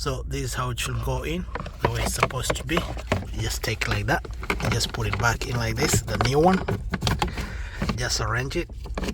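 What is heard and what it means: A new cabin air filter for a 2018 Toyota Yaris is lined up and fitted into the filter housing behind the glove compartment while someone talks, with a few short handling knocks near the end. Its cover has not yet been pushed in; nothing has seated or clicked yet.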